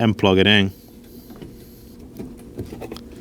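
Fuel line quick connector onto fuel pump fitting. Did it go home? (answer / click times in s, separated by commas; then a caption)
no / none. Someone talks at the start while a plastic fuel line quick-connector is lined up to be plugged onto the fuel pump assembly fitting of a 2011-2016 Kia Optima during fuel pressure regulator replacement. After the talk, only faint handling taps and rustles are heard, around 1.4, 2.6 and 2.9 seconds. Nothing has seated or clicked yet.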